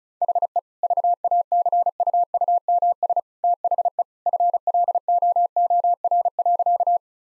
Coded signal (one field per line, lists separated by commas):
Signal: Morse code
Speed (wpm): 36 wpm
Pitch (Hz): 700 Hz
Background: none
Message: HE VACUUMS THE FLOOR.